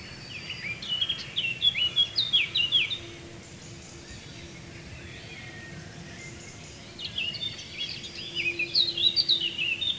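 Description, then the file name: Eurasian blackcap song, two lively warbled phrases of rapid slurred notes separated by a few seconds of quieter background birdsong and hiss. "Sylvia atricapilla"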